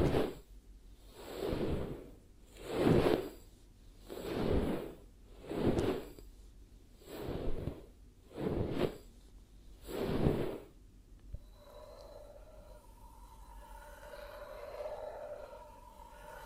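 Hypnotic ASMR triggers: a series of soft, breathy whooshing puffs, about eight of them, each lasting around a second and coming at a fairly even pace for the first ten seconds. They then stop, leaving a quieter stretch of faint rustling and murmuring.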